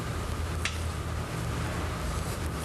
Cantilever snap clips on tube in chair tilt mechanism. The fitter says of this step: You'll hear a slight click. When that happens.